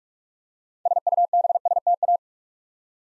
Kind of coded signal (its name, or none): Morse code